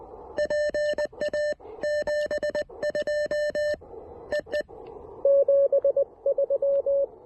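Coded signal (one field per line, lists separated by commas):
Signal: Morse code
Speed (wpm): 23 wpm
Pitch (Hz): 590 Hz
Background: radio noise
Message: PA 72 EE 73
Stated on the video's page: Morse from a QRP Parks on the Air activation at a lakeside park using an Elecraft KX1 and an MC-750 antenna.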